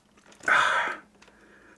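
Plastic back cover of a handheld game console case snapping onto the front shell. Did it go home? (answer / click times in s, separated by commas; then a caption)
no / none. The plastic back half of a handheld game console case is pressed onto the front half so its snap-fit clips can engage. A broad, loud rubbing and pressing noise runs from about 0.4 to 1.0 s, with faint ticks around 0.2 s and 1.2 s. Nothing has clicked or seated; the back does not latch and is to be secured with screws instead.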